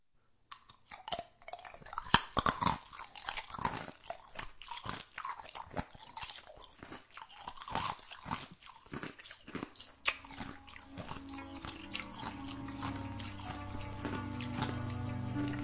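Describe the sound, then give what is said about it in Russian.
Loud, crunchy chewing and biting on rib bones, with sharp irregular cracks and crackles that thin out toward the end, where a low steady hum takes over. “Ребрышки. Ой, нет, мой мальчик меня точно доконает. Ну что, придется самой есть.”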